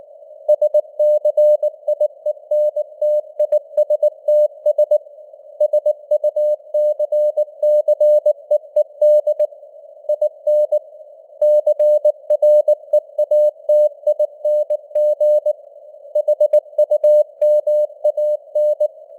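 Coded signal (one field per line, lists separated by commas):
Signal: Morse code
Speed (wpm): 19 wpm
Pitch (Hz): 600 Hz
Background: none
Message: SCIENTISTS SUCCEED IN CREATING HUMAN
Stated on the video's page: Simulated Morse news headlines at 19 wpm with simulated radio noise and varying signal strength (QSB).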